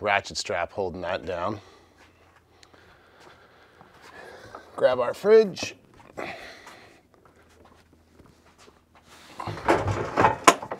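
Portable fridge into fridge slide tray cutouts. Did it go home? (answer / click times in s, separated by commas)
yes / 10.5 s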